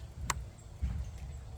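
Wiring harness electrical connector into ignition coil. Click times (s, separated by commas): 0.3 s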